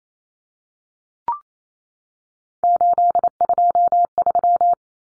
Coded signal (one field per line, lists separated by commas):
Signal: Morse code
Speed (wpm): 28 wpm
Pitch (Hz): 700 Hz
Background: none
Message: 823